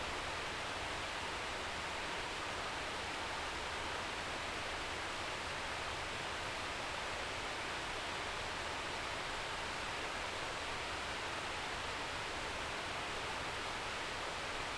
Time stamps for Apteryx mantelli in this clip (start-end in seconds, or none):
none